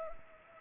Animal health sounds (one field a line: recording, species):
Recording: mosquito wingbeat signal from an infrared sensor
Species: Culex pipiens